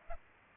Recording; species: mosquito wingbeat signal from an infrared sensor; Aedes aegypti